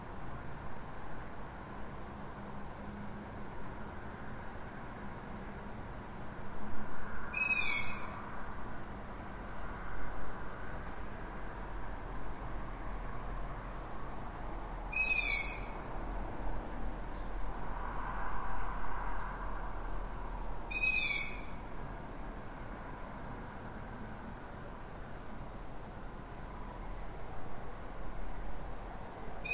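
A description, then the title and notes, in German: A lone owl gives three short, sharp, high calls, at about 7, 15 and 21 seconds, each a quick piercing burst. Between them a steady low rumble, like traffic, fills the background, with soft swells of noise around the middle. Ein einsamer Kautz. Mitten in der Stadt.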